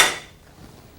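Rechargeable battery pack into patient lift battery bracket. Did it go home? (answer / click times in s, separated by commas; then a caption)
no / none. A rechargeable battery pack is handled at the battery bracket of a battery-powered stand-up patient lift. A brief bright knock with a quickly decaying ring opens the clip, followed by quiet low rumble. Nothing has seated or clicked yet.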